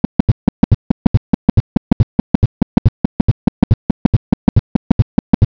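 Adult heart sounds heard through a stethoscope.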